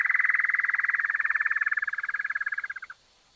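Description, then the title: Great antshrike call: a fast run of pulsed notes lasting about three seconds, gently falling in pitch and fading slightly toward the end. Nominate subspecies Taraba major major. "LuckyPassaro Completos2Sama. Great Antshrike"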